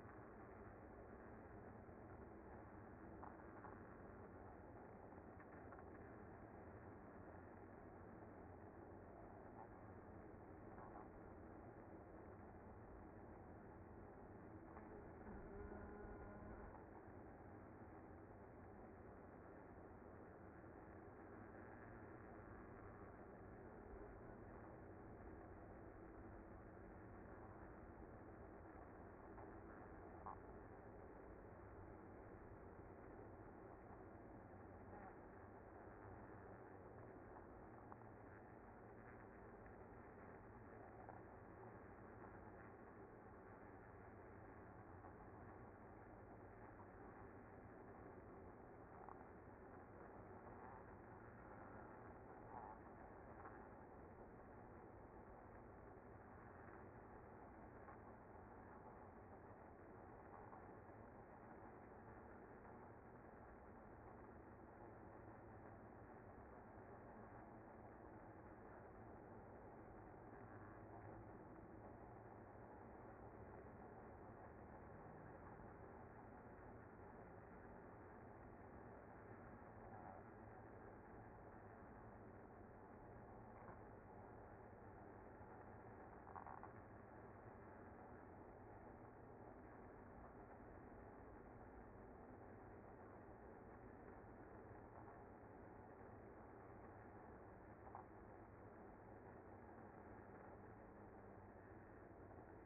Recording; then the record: honeybee colony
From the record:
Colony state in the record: active